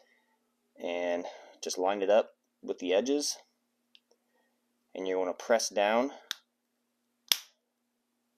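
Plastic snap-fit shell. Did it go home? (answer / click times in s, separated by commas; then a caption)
yes / 7.3 s. Someone talks while the plastic back half of a Honda car key fob shell is lined up with the edges and pressed down onto the front half, with faint ticks near 4.0 s. A sharp click at 7.3 s marks the back shell snapping closed, fully seated.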